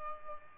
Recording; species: mosquito wingbeat signal from an infrared sensor; Aedes albopictus